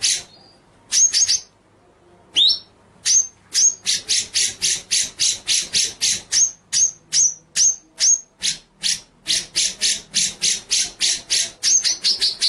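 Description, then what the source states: White-rumped shama singing a long series of harsh, chattering notes, mixed with brief clear high whistles. Murai batu masteran (training) track of full ngerol nembak song.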